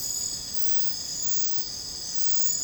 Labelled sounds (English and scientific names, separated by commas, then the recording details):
none
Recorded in secondary vegetation near Puerto Asís, Putumayo, Colombia, on 20 December 2024 at 01:00
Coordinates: 0.499, -76.323
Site G010